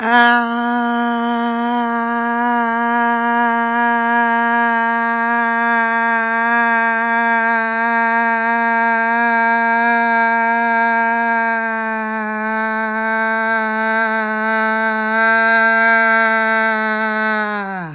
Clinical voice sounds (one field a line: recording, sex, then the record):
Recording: sustained vowel /a/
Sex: female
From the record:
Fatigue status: fatigue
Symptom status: symptomatic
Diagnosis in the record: COVID-19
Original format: m4a